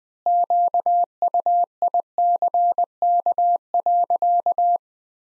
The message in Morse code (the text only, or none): QUICK.